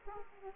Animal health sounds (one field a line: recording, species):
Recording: mosquito wingbeat signal from an infrared sensor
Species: Aedes aegypti